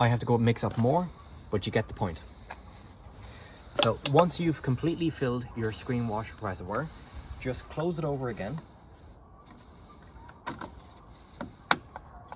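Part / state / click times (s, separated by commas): filler cap on car windscreen washer fluid reservoir / seated / 11.7 s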